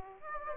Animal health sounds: mosquito wingbeat signal from an infrared sensor; Aedes aegypti

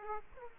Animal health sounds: mosquito wingbeat signal from an infrared sensor; Aedes aegypti

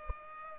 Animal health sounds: mosquito wingbeat signal from an infrared sensor; Culex pipiens

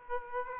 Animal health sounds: mosquito wingbeat signal from an infrared sensor; Aedes aegypti

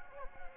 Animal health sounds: mosquito wingbeat signal from an infrared sensor; Anopheles gambiae

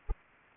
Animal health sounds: mosquito wingbeat signal from an infrared sensor; Anopheles arabiensis

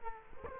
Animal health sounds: mosquito wingbeat signal from an infrared sensor; Culex quinquefasciatus

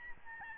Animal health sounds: mosquito wingbeat signal from an infrared sensor; Aedes albopictus

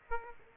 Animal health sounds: mosquito wingbeat signal from an infrared sensor; Aedes aegypti

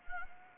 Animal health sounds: mosquito wingbeat signal from an infrared sensor; Anopheles arabiensis

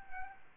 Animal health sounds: mosquito wingbeat signal from an infrared sensor; Aedes albopictus

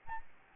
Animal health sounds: mosquito wingbeat signal from an infrared sensor; Aedes albopictus

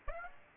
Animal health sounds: mosquito wingbeat signal from an infrared sensor; Aedes aegypti

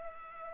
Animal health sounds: mosquito wingbeat signal from an infrared sensor; Culex pipiens

